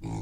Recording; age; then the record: pig call; weaner (32 to 43 days)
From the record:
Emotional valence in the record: negative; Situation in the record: short isolation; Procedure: open field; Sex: female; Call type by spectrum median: low-frequency call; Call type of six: low-frequency stable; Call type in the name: low-frequency stable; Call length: 0.22 s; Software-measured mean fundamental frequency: 55 Hz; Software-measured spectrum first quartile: 122 Hz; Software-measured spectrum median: 239 Hz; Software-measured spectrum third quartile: 608 Hz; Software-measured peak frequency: 120 Hz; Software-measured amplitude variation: 124 dB a second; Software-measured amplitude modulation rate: 32.4 a second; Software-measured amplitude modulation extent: 3.8 dB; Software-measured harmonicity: 1.4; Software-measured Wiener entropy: -0.68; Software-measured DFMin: 698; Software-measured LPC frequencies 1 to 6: 866, 2268, 3761, 4660, 5547, 6363 Hz